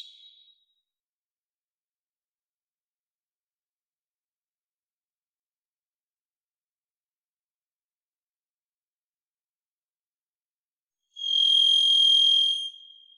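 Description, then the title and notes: Varied thrush song: long quiet stretch, then one drawn-out buzzy whistled note near the end, preceded by the fading tail of an earlier note. Song, Pacific Northwest, Washington, United States; parabolic single-species recording, processed for clarity with natural pace and rhythm maintained. "Varied Thrush, clean. Varied Thrush, Ixoreus naevius, song, parabolic single-species recording, processed for clarity, natural pace and rhthym maintained Recorded in the beautiful Pacific Northwest, Washington, United States"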